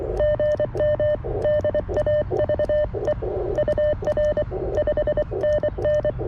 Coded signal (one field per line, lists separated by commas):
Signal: Morse code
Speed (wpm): 25 wpm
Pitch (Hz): 600 Hz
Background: none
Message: GM DAVE UR 5NN